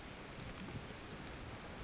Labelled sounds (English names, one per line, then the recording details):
Chestnut-backed Chickadee
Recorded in Sonoma County, California